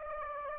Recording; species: mosquito wingbeat signal from an infrared sensor; Aedes aegypti